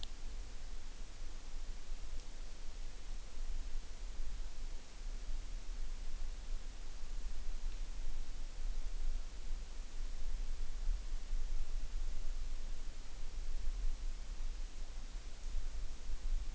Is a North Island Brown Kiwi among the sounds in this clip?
no